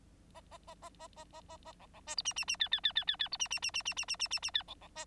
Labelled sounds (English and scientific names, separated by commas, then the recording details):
Bengalese Finch (Lonchura striata domestica) song
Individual Bird9